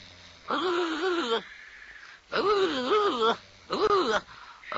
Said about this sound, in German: Hör endlich zu schnarchen auf. Ich schnarche nie, nie. Du darfst nicht Sachen tun, die ich nie tue. Und außerdem, wenn ich schnarche, dann schnarche ich viel schöner.